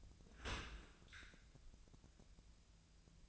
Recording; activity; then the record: daily activity, microphone in the room; open dishwasher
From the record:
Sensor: 2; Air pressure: 1000.3 hPa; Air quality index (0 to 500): 164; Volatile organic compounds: 3 ppm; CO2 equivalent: 1360 ppm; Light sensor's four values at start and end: 13/34/13/15 and 13/34/13/15